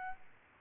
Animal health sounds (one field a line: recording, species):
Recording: mosquito wingbeat signal from an infrared sensor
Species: Aedes albopictus